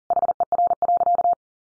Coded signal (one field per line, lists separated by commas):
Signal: Morse code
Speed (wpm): 40 wpm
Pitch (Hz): 700 Hz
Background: none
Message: HER.